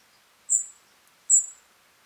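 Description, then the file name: European robin calling: two very high, thin, drawn-out seeping notes, a little under a second apart, against near silence. "Erithacus rubecula"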